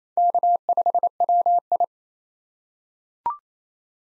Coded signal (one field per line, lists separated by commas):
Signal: Morse code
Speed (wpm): 28 wpm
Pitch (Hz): 700 Hz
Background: none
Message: K5WI